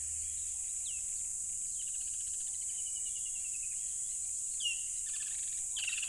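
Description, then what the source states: Cricket chorus as a constant high shrill hum, with several bird calls on top: short downslurred whistles and a rapid rattling trill. Loud crickets beside a tropical river.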